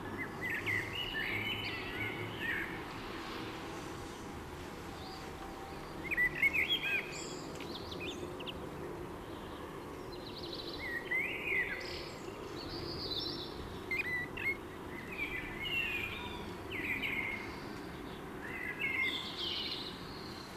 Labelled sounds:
Common Blackbird (Turdus merula) song
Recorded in the wild
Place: Kaiserslautern, Rheinland-Pfalz, DE
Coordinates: 49.4247, 7.77889
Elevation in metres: 279
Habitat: garden
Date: 1977-04-15
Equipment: Nagra IV, Sennheiser MKH 405, Parabolreflektor
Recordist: Tretzel, Erwin
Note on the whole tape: Garten Nachbar Huberti, Kaiserslautern: Gesang

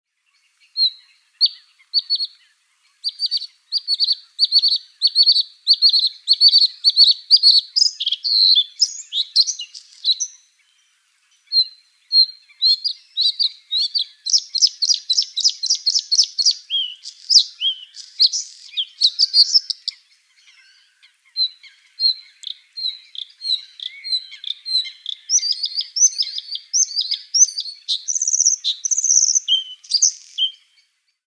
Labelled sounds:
Bluethroat (Luscinia svecica)
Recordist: Frommolt, Karl-Heinz
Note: Gesang

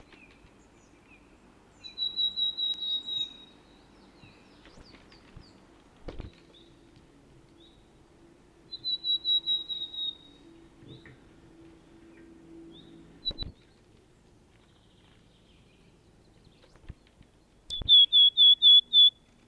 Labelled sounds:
Willow Tit (Poecile montanus) song
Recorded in the wild
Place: Ehrwald, Tirol, AT
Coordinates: 47.4167, 10.9428
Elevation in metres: 1173
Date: 1971-04-13
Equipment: Nagra IV, Sennheiser MKH 405, Parabolreflektor
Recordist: Tretzel, Erwin

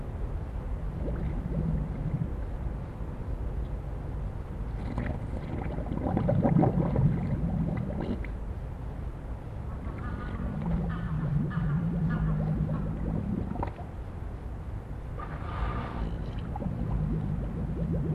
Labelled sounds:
Harbor Seal (Phoca vitulina)
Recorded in captivity
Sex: male
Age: adult
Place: Zoo Berlin, Berlin, DE
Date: 1961-01-14 16:30
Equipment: Minifon, Kopie Smaragd
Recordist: Tembrock, Günter

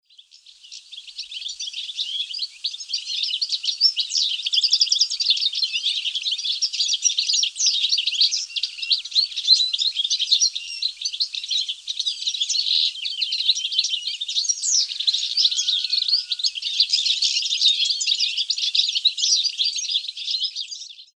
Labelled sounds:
European Goldfinch (Carduelis carduelis)
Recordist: Tembrock, Günter
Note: Trupp bei Nahrungssuche

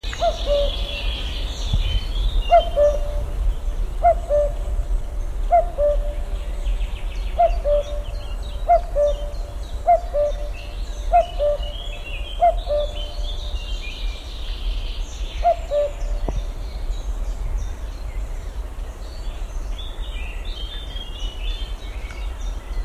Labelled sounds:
Common Cuckoo (Cuculus canorus), Common Chiffchaff (Phylloscopus collybita), Common Nightingale (Luscinia megarhynchos)
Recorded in the wild
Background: Phylloscopus collybita, Luscinia megarhynchos
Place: Schildow, NSG, Kalktuffgelände am Tegeler Fließ (NSG Schildow), Berlin, DE
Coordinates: 52.64, 13.39
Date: 1992-06-21 10:08
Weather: sunny, 19-26 °C, strengthening winds
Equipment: Marantz CP 430, Sennheiser ME 80, Kopie Tesla B 116
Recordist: Tembrock, Günter
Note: Im Schutzgebiet Schildow, am Querweg. Rufreihen, Wetter sonnig

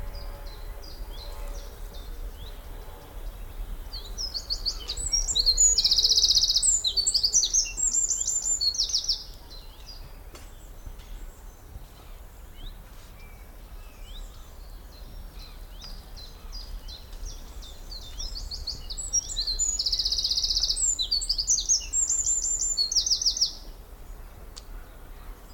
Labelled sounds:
Eurasian Wren (Troglodytes troglodytes)
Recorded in the wild
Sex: male
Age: adult
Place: Lychen, Brandenburg, DE
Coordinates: 53.21, 13.32
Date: 1995-04-22 18:22
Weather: heiter, 23°C, böiger Wind
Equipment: Marantz CP 430, Sennheiser ME 80, Kopie Uher 4000 Report Monitor
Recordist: Tembrock, Günter

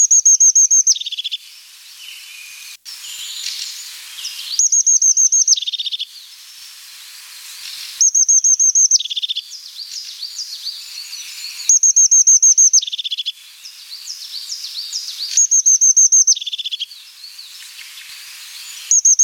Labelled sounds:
European Crested Tit (Lophophanes cristatus) song
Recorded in the wild
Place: St. Peter, Hochschwarzwald / Potsdamer Platz, Baden-Württemberg, DE
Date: 1993-03-21
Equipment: Dat-Recorder Casio DA 7, Telinga DAT, Telinga-Parabolspiegel
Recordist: Schwarz, Dieter

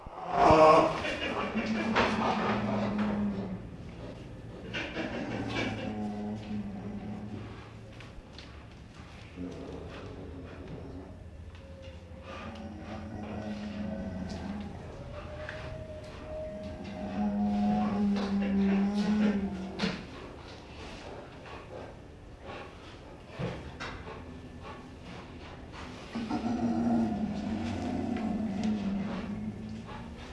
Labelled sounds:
Sun Bear (Helarctos malayanus) call
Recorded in captivity
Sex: diverse
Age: diverse
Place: Tierpark Berlin, Berlin, DE
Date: 1965-11-06 11:00
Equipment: Uher 4000 Report-S, Transistorverstärker II, Sennheiser MD 421
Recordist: Tembrock, Günter

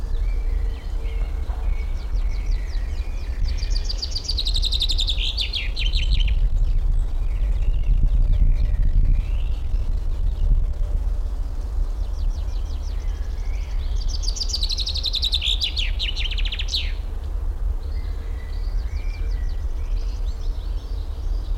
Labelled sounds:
Common Chaffinch (Fringilla coelebs)
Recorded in the wild
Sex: male
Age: adult
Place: Blankenfelde, Tegeler Fließ, Berlin, DE
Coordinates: 52.62, 13.39
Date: 1994-04-23 11:35
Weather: heiter 16-19°C
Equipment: Marantz CP 430, Sennheiser ME 80, Kopie Uher Variocord 263
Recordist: Tembrock, Günter

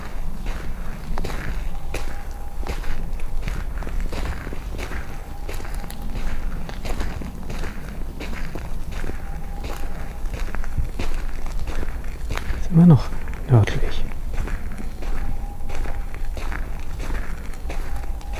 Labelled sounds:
Boreal Owl (Aegolius funereus)
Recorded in the wild
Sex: male
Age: adult
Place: Altsorgefeld, NSG Rochauer Heide, Brandenburg, DE
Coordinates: 51.7819, 13.5408
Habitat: wood
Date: 2007-02-19 18:45
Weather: 3-4 °C, windstill
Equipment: Sound Devices 702, Sennheiser MKH 70, Windkorb
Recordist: Frommolt, Karl-Heinz
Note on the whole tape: Rufreihe aus Quartal 37. Tier ruft nördlich der zweiten Linie. Am Beginn vermutlich Erregungsruf. Nähere mich dem Tier an. Fast ständig Schritte während der Aufnahme. Kurze Abschnitte sehr gut. Entfernung minimal ca. 100 m. Aufnahme um 20 dB verstärkt

